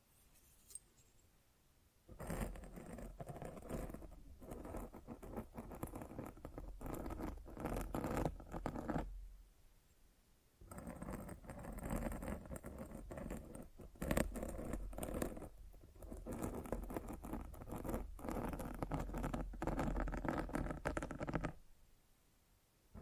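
Mic scratching in rough, dense bursts of rasping noise that fill everything from deep rumble to bright hiss. The first burst runs from about 2 to 9 seconds, a second from about 10.5 to 21.5 seconds with brief dips, and near-silence comes before, between and after.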